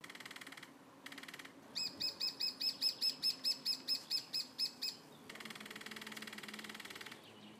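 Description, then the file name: Great spotted woodpecker calls: a fast series of many sharp, evenly spaced high notes over about three seconds, with a steady buzzing sound before and after. "Dendrocopos Major"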